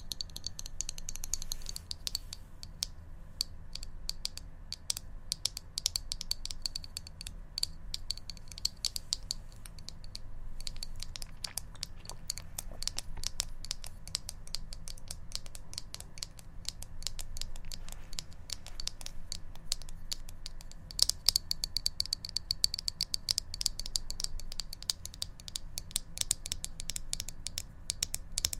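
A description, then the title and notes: Quick, dense tapping runs through the whole clip as crisp clicks in fast irregular bursts, bright, much like typing on a keyboard. A low steady hum sits beneath, and the taps grow sharper and louder after about twenty seconds. ASMR Tapping For Sleep & Relaxation (No Talking).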